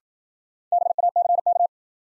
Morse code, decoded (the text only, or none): BACK